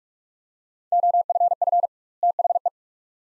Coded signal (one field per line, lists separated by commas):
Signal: Morse code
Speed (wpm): 46 wpm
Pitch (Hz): 700 Hz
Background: none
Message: OFF THE